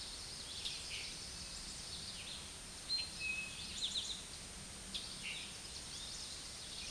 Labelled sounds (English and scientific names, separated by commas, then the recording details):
Eastern Towhee (Pipilo erythrophthalmus) song
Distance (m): 20 m
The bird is about 10 m above the microphone
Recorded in a Pennsylvania forest on 16 May 2024 at 06:49
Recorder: AudioMoth, point MSD-0398
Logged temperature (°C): 16.4 °C
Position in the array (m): 159 m, 98 m